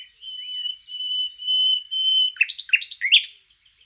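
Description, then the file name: Common nightingale song with long pure whistles held at one pitch, followed by a jumble of quick chattering notes. "Luscinia megarhynchos"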